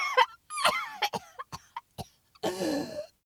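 An adult woman gives a run of about eight harsh, irregular cough bursts in quick succession, ending in a longer strained, rasping breath. A severe, prolonged coughing fit.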